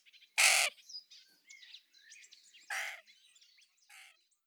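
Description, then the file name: Carrion crow uttering two harsh caws about two seconds apart, followed by a fainter rasping note, with soft chirping notes in between. "Corvus corone"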